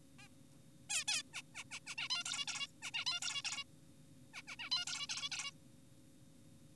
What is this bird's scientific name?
Taeniopygia guttata